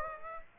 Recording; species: mosquito wingbeat signal from an infrared sensor; Aedes aegypti